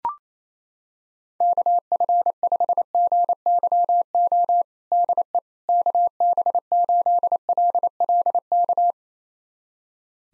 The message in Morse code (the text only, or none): KF5GYO DE KB8LLK